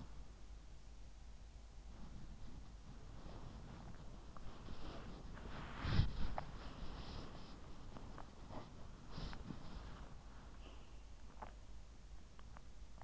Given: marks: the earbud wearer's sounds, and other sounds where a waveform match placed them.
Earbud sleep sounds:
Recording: sounds in sleep by an in-ear microphone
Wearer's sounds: body movement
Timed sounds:
0.00-13.04 s: body movement

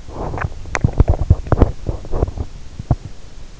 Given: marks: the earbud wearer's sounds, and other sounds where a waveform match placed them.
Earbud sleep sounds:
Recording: sounds in sleep by an in-ear microphone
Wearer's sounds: teeth grinding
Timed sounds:
0.70-3.09 s: teeth grinding

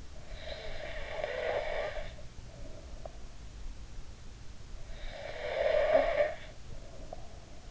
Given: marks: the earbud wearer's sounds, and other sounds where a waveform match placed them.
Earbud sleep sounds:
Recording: sounds in sleep by an in-ear microphone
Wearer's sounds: breath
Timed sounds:
0.18-3.28 s: breath
4.71-7.71 s: breath

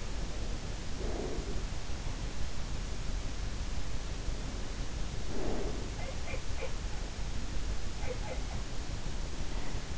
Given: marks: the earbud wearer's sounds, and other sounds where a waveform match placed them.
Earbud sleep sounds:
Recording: sounds in sleep by an in-ear microphone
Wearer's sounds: breath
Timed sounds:
0.00-1.84 s: breath
5.28-6.05 s: breath
5.94-6.92 s: sound from someone else or the room
7.90-8.59 s: sound from someone else or the room

